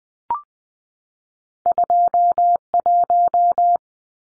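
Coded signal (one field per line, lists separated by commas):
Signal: Morse code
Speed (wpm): 20 wpm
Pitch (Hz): 700 Hz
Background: none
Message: 21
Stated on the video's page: Head-copy drill of two-digit numbers sent in Morse at 20 wpm, each sent, spoken, then sent again.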